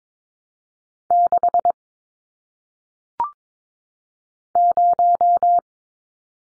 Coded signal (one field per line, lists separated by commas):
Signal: Morse code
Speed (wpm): 22 wpm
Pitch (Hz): 700 Hz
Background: none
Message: 6 0